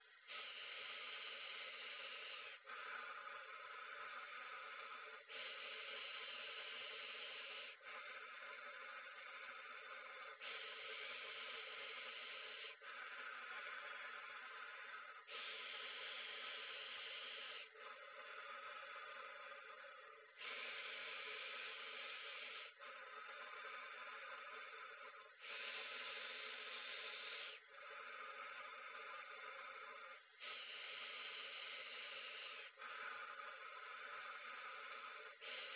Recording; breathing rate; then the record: paced breathing near a phone; 12 breaths a minute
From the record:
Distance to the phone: 20 cm